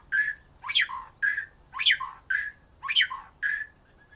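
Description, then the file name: White-rumped shama giving a repeated phrase, a sharp descending chip followed by a whistled note, a few times. "murai batu"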